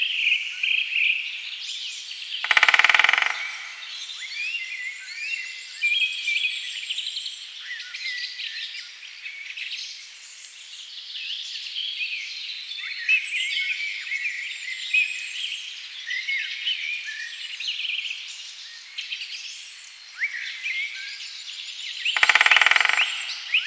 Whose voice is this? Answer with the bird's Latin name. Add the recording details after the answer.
Dendrocopos major. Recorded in the wild. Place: Lilienhof / Kaiserstuhl, Baden-Württemberg, DE. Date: 2003-03-02. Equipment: MiniDisc Sharp MT 20 H, Sennheiser MKH 816. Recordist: Schwarz, Dieter